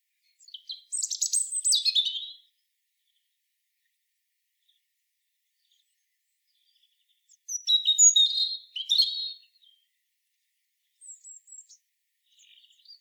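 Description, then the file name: European robin singing: a sweet, high warbled phrase, then a long silence before a second jangling phrase, followed by a few faint thin notes near the end. "Erithacus rubecula"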